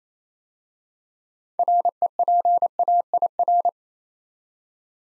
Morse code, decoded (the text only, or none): REPAIR